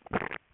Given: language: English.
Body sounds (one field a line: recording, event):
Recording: throat vibration sensor signal played as sound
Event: swallow